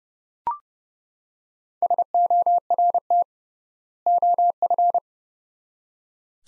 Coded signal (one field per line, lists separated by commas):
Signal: Morse code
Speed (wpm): 30 wpm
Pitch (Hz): 700 Hz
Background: none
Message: SORT OF